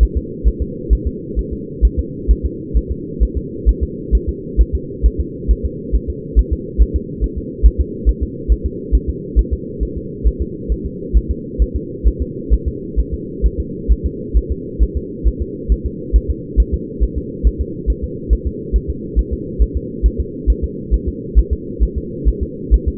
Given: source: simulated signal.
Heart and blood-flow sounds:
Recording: fetal heart sounds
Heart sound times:
0.03 s: S1
0.17 s: S2
0.48 s: S1
0.62 s: S2
0.93 s: S1
1.07 s: S2
1.39 s: S1
1.53 s: S2
1.85 s: S1
1.99 s: S2
2.31 s: S1
2.45 s: S2
2.77 s: S1
2.92 s: S2
3.23 s: S1
3.38 s: S2
3.69 s: S1
3.83 s: S2
4.15 s: S1
4.29 s: S2
4.61 s: S1
4.75 s: S2
5.06 s: S1
5.20 s: S2
5.51 s: S1
5.65 s: S2
5.95 s: S1
6.10 s: S2
6.39 s: S1
6.53 s: S2
6.82 s: S1
6.96 s: S2
7.24 s: S1
7.38 s: S2
7.66 s: S1
7.81 s: S2
8.09 s: S1
8.23 s: S2
8.52 s: S1
8.66 s: S2
8.95 s: S1
9.09 s: S2
9.39 s: S1
9.53 s: S2
9.83 s: S1
9.97 s: S2
10.27 s: S1
10.42 s: S2
10.72 s: S1
10.86 s: S2
11.17 s: S1
11.31 s: S2
11.62 s: S1
11.76 s: S2
12.08 s: S1
12.22 s: S2
12.54 s: S1
12.68 s: S2
13.00 s: S1
13.14 s: S2
13.46 s: S1
13.60 s: S2
13.92 s: S1
14.06 s: S2
14.37 s: S1
14.52 s: S2
14.83 s: S1
14.97 s: S2
15.28 s: S1
15.42 s: S2
15.72 s: S1
15.86 s: S2
16.16 s: S1
16.30 s: S2
16.60 s: S1
16.74 s: S2
17.04 s: S1
17.18 s: S2
17.47 s: S1
17.61 s: S2
17.90 s: S1
18.04 s: S2
18.33 s: S1
18.47 s: S2
18.76 s: S1
18.90 s: S2
19.19 s: S1
19.33 s: S2
19.62 s: S1
19.77 s: S2
20.06 s: S1
20.20 s: S2
20.50 s: S1
20.64 s: S2
20.94 s: S1
21.08 s: S2
21.39 s: S1
21.53 s: S2
21.83 s: S1
21.98 s: S2
22.29 s: S1
22.43 s: S2
22.74 s: S1
22.88 s: S2
From the record:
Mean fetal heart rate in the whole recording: 135 bpm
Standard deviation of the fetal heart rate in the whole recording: 3 bpm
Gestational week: 34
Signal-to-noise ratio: -4.1 dB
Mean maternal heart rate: no maternal heart sound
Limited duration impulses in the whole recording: absent

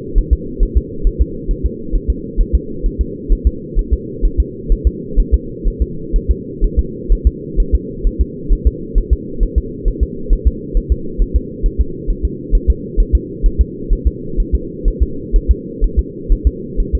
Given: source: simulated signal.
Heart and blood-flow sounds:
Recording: fetal heart sounds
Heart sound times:
0.18 s: S1
0.33 s: S2
0.63 s: S1
0.78 s: S2
1.07 s: S1
1.22 s: S2
1.51 s: S1
1.66 s: S2
1.95 s: S1
2.10 s: S2
2.41 s: S1
2.55 s: S2
2.86 s: S1
3.01 s: S2
3.32 s: S1
3.47 s: S2
3.79 s: S1
3.94 s: S2
4.25 s: S1
4.40 s: S2
4.72 s: S1
4.87 s: S2
5.20 s: S1
5.34 s: S2
5.67 s: S1
5.82 s: S2
6.16 s: S1
6.31 s: S2
6.64 s: S1
6.79 s: S2
7.12 s: S1
7.27 s: S2
7.60 s: S1
7.75 s: S2
8.07 s: S1
8.21 s: S2
8.53 s: S1
8.67 s: S2
8.98 s: S1
9.13 s: S2
9.43 s: S1
9.58 s: S2
9.88 s: S1
10.03 s: S2
10.33 s: S1
10.47 s: S2
10.77 s: S1
10.92 s: S2
11.22 s: S1
11.36 s: S2
11.66 s: S1
11.81 s: S2
12.10 s: S1
12.25 s: S2
12.55 s: S1
12.70 s: S2
13.00 s: S1
13.15 s: S2
13.46 s: S1
13.61 s: S2
13.93 s: S1
14.07 s: S2
14.40 s: S1
14.55 s: S2
14.88 s: S1
15.03 s: S2
15.36 s: S1
15.51 s: S2
15.84 s: S1
15.99 s: S2
16.32 s: S1
16.47 s: S2
16.80 s: S1
16.95 s: S2
From the record:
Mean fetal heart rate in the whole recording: 130 bpm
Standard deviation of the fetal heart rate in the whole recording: 4 bpm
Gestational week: 38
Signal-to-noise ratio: -4.3 dB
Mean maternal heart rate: 72 bpm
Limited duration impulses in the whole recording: absent

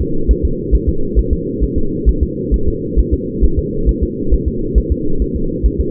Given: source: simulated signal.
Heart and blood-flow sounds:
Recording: fetal heart sounds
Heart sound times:
0.01 s: S2
0.31 s: S1
0.45 s: S2
0.75 s: S1
0.89 s: S2
1.19 s: S1
1.33 s: S2
1.63 s: S1
1.78 s: S2
2.09 s: S1
2.23 s: S2
2.54 s: S1
2.68 s: S2
2.99 s: S1
3.14 s: S2
3.44 s: S1
3.59 s: S2
3.89 s: S1
4.03 s: S2
4.34 s: S1
4.48 s: S2
4.78 s: S1
4.92 s: S2
5.22 s: S1
5.36 s: S2
5.66 s: S1
5.80 s: S2
From the record:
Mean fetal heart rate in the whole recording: 135 bpm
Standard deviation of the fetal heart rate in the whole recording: 3 bpm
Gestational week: 34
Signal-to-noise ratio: -8.1 dB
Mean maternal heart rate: 72 bpm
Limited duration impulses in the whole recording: absent

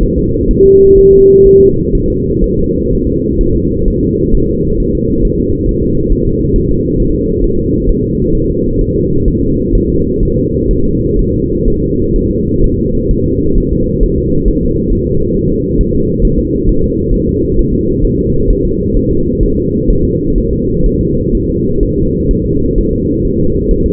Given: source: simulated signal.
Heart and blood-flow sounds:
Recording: fetal heart sounds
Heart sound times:
0.03 s: S1
0.18 s: S2
0.51 s: S1
0.66 s: S2
0.98 s: S1
1.13 s: S2
1.47 s: S1
1.61 s: S2
1.95 s: S1
2.10 s: S2
2.44 s: S1
2.59 s: S2
2.93 s: S1
3.07 s: S2
3.41 s: S1
3.56 s: S2
3.88 s: S1
4.03 s: S2
4.35 s: S1
4.49 s: S2
4.80 s: S1
4.95 s: S2
5.25 s: S1
5.39 s: S2
5.69 s: S1
5.83 s: S2
6.12 s: S1
6.27 s: S2
6.56 s: S1
6.71 s: S2
7.00 s: S1
7.15 s: S2
7.44 s: S1
7.59 s: S2
7.89 s: S1
8.04 s: S2
8.35 s: S1
8.50 s: S2
8.81 s: S1
8.96 s: S2
9.28 s: S1
9.43 s: S2
9.75 s: S1
9.90 s: S2
10.23 s: S1
10.38 s: S2
10.71 s: S1
10.86 s: S2
11.19 s: S1
11.34 s: S2
11.68 s: S1
11.82 s: S2
12.16 s: S1
12.31 s: S2
12.64 s: S1
12.79 s: S2
13.11 s: S1
13.26 s: S2
13.58 s: S1
13.72 s: S2
14.03 s: S1
14.18 s: S2
14.48 s: S1
14.63 s: S2
14.93 s: S1
15.07 s: S2
15.37 s: S1
15.51 s: S2
15.81 s: S1
15.95 s: S2
16.25 s: S1
16.39 s: S2
16.69 s: S1
16.84 s: S2
17.14 s: S1
17.29 s: S2
17.59 s: S1
17.74 s: S2
18.05 s: S1
18.19 s: S2
18.50 s: S1
18.65 s: S2
18.97 s: S1
19.11 s: S2
19.43 s: S1
19.58 s: S2
19.90 s: S1
20.05 s: S2
20.38 s: S1
20.53 s: S2
20.86 s: S1
21.01 s: S2
21.35 s: S1
21.49 s: S2
21.83 s: S1
21.98 s: S2
22.31 s: S1
22.46 s: S2
22.78 s: S1
22.93 s: S2
23.25 s: S1
23.40 s: S2
23.71 s: S1
23.86 s: S2
From the record:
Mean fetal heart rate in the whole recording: 130 bpm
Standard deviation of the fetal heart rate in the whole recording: 4 bpm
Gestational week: 38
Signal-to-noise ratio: -15.3 dB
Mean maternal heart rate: 72 bpm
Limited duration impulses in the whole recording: present

